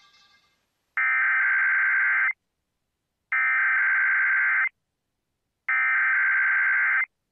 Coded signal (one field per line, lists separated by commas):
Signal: Emergency Alert System (SAME) tones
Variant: header bursts